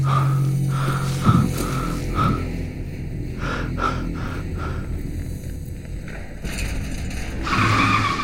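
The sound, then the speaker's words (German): A car brakes hard at a red light, its tires letting out a sustained, wavering squeal over a low engine rumble, with the screech rising again in a brighter burst near the end. “Obwohl keine anderen Autos mehr fahren, bremse ich bei roten Ampeln ab.”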